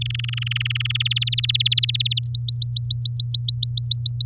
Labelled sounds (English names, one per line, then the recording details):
Domestic Canary song
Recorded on 9 May 2018 at 13:15
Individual llb16